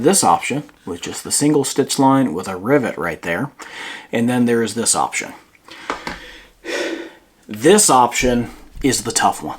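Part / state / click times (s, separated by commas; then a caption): leather blade cover onto axe head / partly seated / 5.9 s. A leather axe or hatchet cover is pushed onto the blade while someone talks, with a sharp click at about 5.9 s. The cover fits but does not snap into place as cleanly as other covers, because of the steep angle of its design.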